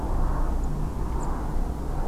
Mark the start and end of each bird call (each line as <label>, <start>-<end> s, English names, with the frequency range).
Song Thrush (6.5-8.1 kHz), 0.63-0.65 s
Song Thrush (6.7-9.7 kHz), 1.20-1.25 s